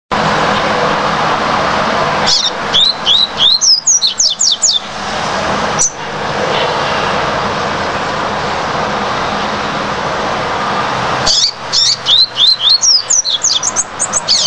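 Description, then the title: Double-collared seedeater song: two energetic bursts of rapid, high, slurred notes separated by a long hissing gap. "Canto Coleiro"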